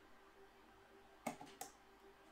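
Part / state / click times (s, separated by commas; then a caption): RAM stick into motherboard DIMM slot / seated / 1.3 s, 1.6 s. A second RAM stick, likely a DDR4 DIMM, is pressed down into a motherboard DIMM slot. Its retention latches snap shut with two close, sharp clicks at 1.3 s and 1.6 s over a quiet background with a faint steady hum. The memory module is seated.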